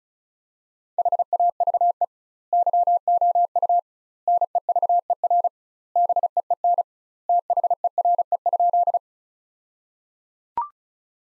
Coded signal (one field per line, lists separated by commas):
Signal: Morse code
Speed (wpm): 34 wpm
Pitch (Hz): 700 Hz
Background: none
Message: HAVE YOU NEVER BEEN THERE?